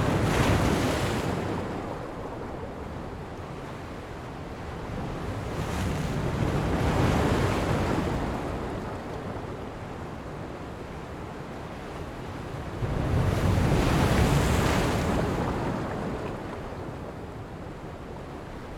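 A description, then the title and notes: Waves crash against rocks in slow surges near 0, 6–8 and 13–15 seconds, a dense low roar with wind rushing throughout. The rhythmic sound of the waves crashing against the rocks is meditative. WAVES Noise Against Rocks.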